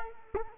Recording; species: mosquito wingbeat signal from an infrared sensor; Culex quinquefasciatus